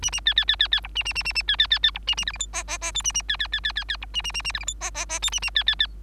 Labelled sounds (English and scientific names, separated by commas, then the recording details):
Bengalese Finch (Lonchura striata domestica) song
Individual Bird3